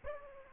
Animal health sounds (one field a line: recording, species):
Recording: mosquito wingbeat signal from an infrared sensor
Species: Aedes aegypti